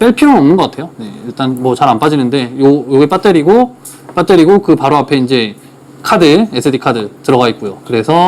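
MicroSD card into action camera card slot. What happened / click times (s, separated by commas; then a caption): Card handled but not yet seated; no latch click heard / none. A microSD card is being handled at the card slot beside the battery compartment of an action camera, where it is meant to be pushed in until it latches. A man talks throughout, and no distinct click is heard. The card has not seated or clicked into the slot yet.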